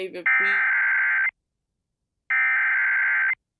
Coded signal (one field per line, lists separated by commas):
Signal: Emergency Alert System (SAME) tones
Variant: header bursts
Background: speech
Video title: H-TOWN HAVOC | EAS Alerts from 1/24/2023 (EAS #1769-1801)